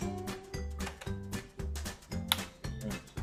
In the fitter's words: Sampai ini klik. Ya.